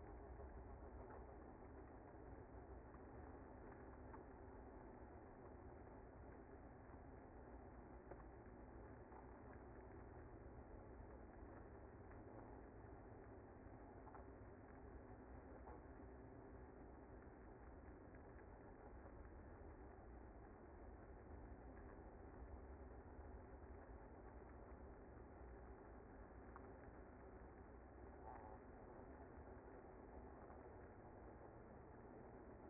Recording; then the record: honeybee colony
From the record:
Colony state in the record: active